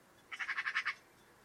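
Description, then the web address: Bird call: a rapid run of several buzzy, harsh notes in under a second over a low steady background hiss. "Deverinetal 2025 File origin Bird Only"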